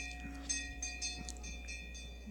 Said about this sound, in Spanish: Se está pasando en vivo, amigos. ¡Qué hermoso! O sea, la gente va con sus campanas y... Sí. ¿Por qué se escucha como que están afuerita de la...? Porque están pasando por aquí afuera.